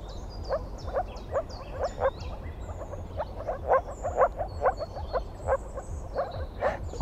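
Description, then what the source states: Moor frog calls, a busy series of brief muffled yapping notes, about two per second, with bird twitters in the background. Moor frogs in a marsh; call sounds completely different from the common frog's, almost like small dogs; easier to tell apart by hearing than sight.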